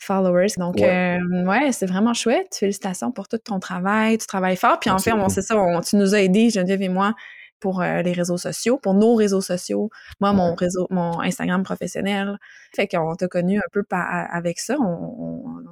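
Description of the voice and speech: An adult woman who does not stutter speaks French conversationally in a steady mid-pitched voice, smooth and fluent, with no blocks or repetitions.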